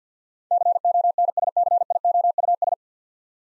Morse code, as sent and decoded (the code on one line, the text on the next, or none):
-.-. --- -. ... -.-. .. --- ..- ...
CONSCIOUS